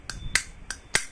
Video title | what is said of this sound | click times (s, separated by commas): 🔴[KUPAS TUNTAS] masalah motor Supra X 125 ngebul, berasap putih pada knalpot | ini sudah terpasang bodohnya sudah terkunci klepnya | 0.4 s, 1.0 s